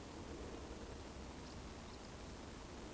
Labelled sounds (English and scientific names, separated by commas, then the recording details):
Eurasian Woodcock (Scolopax rusticola)
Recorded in Baden-Württemberg, Germany, on 25 June 2020 at 19:52 UTC
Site 14569, 102 m above sea level